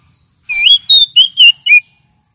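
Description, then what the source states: Oriental magpie-robin giving a short phrase of five clear, loud whistled notes, the first rising and the last falling. Champion bird; song.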